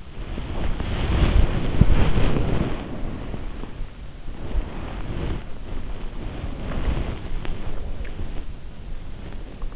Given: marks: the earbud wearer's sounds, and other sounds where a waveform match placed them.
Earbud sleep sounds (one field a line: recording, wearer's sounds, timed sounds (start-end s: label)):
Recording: sounds in sleep by an in-ear microphone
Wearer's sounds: body movement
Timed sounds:
0.00-3.81 s: body movement
4.20-8.60 s: body movement